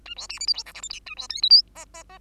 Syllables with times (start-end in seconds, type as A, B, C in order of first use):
0.05-0.15 A, 0.16-0.28 B, 0.29-0.39 C, 0.40-0.46 D, 0.47-0.53 E, 0.54-0.64 F, 0.66-0.73 G, 0.74-0.81 H, 0.82-0.89 I, 0.90-1.00 J, 1.06-1.15 A, 1.17-1.28 B, 1.29-1.42 K, 1.42-1.49 L, 1.50-1.62 M, 1.75-1.85 N, 1.94-2.03 N, 2.09-2.18 N